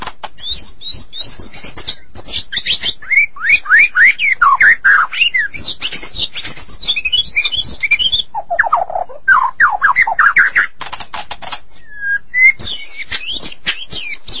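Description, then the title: Magpie-robin or shama singing a long, rich medley of whistles, rapid descending slurs and sharp clicks, delivered in quick bursts with brief pauses and a lone high whistle near the end. "Suara Burung Murai"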